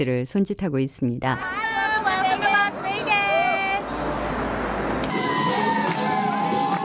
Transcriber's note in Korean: 라스베이거스 현장음